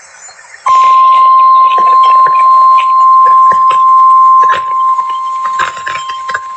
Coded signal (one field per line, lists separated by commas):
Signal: Emergency Alert System (SAME) tones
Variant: 1050 Hz attention tone